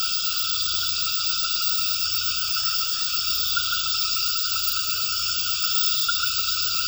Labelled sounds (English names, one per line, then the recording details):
none
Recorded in pastures near Puerto Asís, Putumayo, Colombia, on 8 March 2025 at 20:30
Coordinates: 0.472, -76.329
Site G074